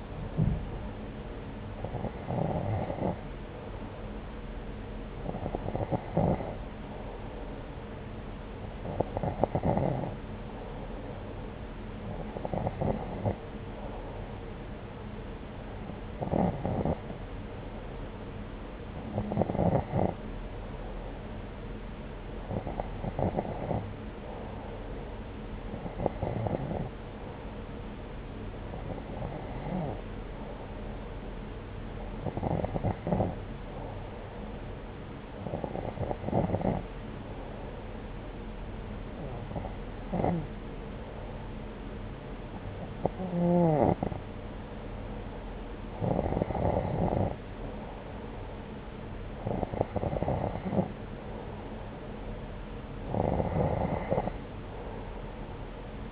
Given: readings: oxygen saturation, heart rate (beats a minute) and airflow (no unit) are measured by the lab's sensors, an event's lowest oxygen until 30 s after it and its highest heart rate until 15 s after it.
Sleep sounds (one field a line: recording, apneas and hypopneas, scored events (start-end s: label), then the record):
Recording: breathing in sleep by a voice recorder at the bedside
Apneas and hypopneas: none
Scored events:
none scored
From the record:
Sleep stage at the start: N2 (light sleep)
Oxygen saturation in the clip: 90 to 92%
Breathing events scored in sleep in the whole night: 303 in 8.1 hours asleep